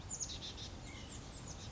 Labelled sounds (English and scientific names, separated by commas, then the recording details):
White-breasted Nuthatch (Sitta carolinensis)
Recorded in Sonoma County, California